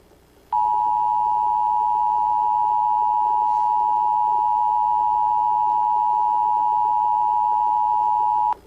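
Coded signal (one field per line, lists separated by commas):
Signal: Emergency Alert System (SAME) tones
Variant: 853 and 960 Hz attention tone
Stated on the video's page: Valid EAS tones in a fictional animated story.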